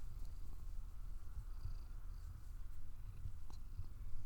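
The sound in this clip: Cat purring, a low continuous rumble with a faint pulsing texture held steady throughout, with a few soft clicks and light rustles over it.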